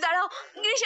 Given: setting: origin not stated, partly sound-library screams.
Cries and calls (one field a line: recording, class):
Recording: one-second piece from a danger detection set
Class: woman in danger